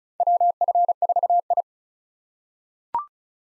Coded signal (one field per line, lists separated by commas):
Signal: Morse code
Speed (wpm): 36 wpm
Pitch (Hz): 700 Hz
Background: none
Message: WF4I